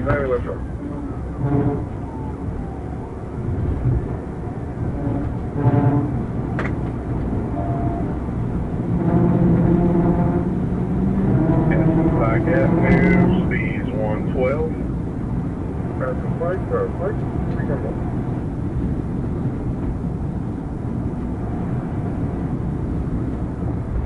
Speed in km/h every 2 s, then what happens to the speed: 147, 158, 167, 171, 175, 180, 180, 179, 184, 174, 175, 171.
0-10 speeds up to 180. 10-16 steady at about 180. 16-24 slows to 171.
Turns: none.